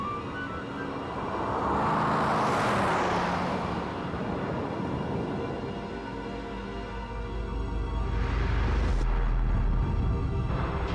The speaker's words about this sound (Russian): Машина едет по городу.